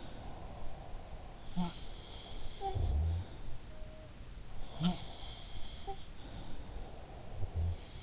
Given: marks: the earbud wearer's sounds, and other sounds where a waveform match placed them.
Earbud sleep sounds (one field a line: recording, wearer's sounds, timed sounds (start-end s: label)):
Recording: sounds in sleep by an in-ear microphone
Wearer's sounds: breath, snoring breath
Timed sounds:
0.00-0.77 s: sound from someone else or the room
0.12-1.92 s: breath
0.92-3.63 s: sound from someone else or the room
4.20-8.03 s: sound from someone else or the room
6.16-8.03 s: snoring breath